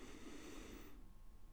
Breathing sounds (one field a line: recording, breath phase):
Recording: one breath near a microphone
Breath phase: inhalation